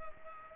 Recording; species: mosquito wingbeat signal from an infrared sensor; Culex pipiens